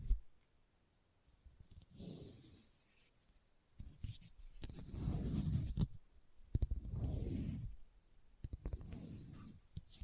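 Leather is tapped and scratched in uneven bursts, with soft low rubbing swells around two, five, and seven seconds. Sharp clicks and taps cut through between them, especially near six and a half seconds, with near-silent pauses in between.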